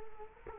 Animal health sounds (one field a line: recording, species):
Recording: mosquito wingbeat signal from an infrared sensor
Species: Culex quinquefasciatus